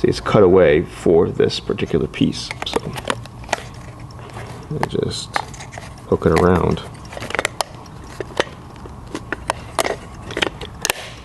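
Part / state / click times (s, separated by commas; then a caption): speedometer bezel ring onto the speedometer housing / seated / 10.9 s. A speedometer bezel ring for a classic VW Beetle, Ghia or Bus is twisted around onto the speedometer housing while someone talks. After a series of small scraping clicks as it turns, it snaps into place with sharp clicks at 10.8 and 10.9 seconds, and the ring is seated.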